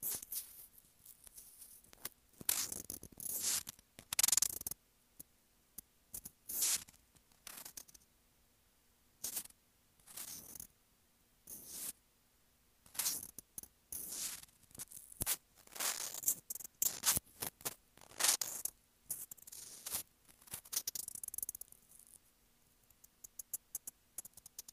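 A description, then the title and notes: A sensitive mic is scratched in irregular bursts of rough, hissy scraping, with brief silent gaps between strokes and a faint steady low hum underneath. ASMR Sensitive Mic Scratching.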